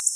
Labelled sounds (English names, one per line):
Black-throated Blue Warbler flight call